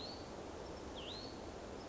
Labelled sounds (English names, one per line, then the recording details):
Hutton's Vireo
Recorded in Sonoma County, California